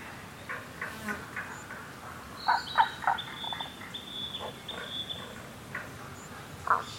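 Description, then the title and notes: Tago's brown frog producing a run of short pulsed croaks, then another later, while a high drawn-out bird whistle sounds above. Rana tagoi tagoi, recorded in Kasugayama primeval forest, Nara, Japan, on 21 May 2017. "170521Rana tagoi tagoi in Kasugayama primeval forest by ototamari"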